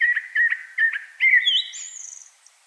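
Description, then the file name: Common blackbird, repeated low fluty notes that run into a rising series of thin, high whistles trailing off at the end. "Turdus merula"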